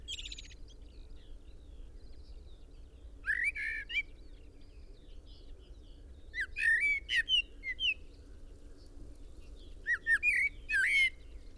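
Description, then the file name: Common blackbird utters three separated bursts of sharp, slurred whistled notes over a low constant hum. "Turdus merula"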